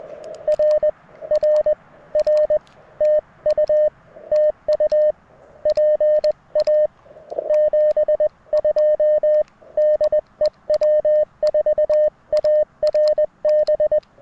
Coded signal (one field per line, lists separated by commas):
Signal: Morse code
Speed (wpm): 20 wpm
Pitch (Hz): 610 Hz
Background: radio noise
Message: R R R TU TU PA 72 DE W4ARB